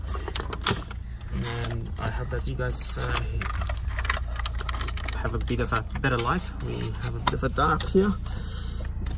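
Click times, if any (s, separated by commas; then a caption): none. A new sat nav head unit or its mounting bracket is handled at the dash of a Toyota Hilux while someone talks. Light rattles and jangling taps come through over a steady low hum. Nothing has seated or clicked into position yet.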